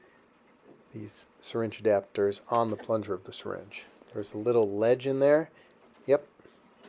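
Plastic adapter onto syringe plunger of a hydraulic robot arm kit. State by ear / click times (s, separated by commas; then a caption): not seated / none. A plastic syringe adapter is being handled onto the syringe plunger of a hydraulic robot arm kit, where it is meant to catch on a little internal ledge and hold securely without glue. Someone talks throughout, and there are a few faint handling sounds. Nothing has seated or clicked yet.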